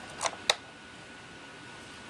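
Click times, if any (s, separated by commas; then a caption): 0.5 s. The plastic pegs of a headset hanger are pushed into two small holes on the base unit of a headset system, and the hanger locks in place with a sharp click at 0.5 s. A softer click comes just before at about 0.3 s, followed by quiet background hiss.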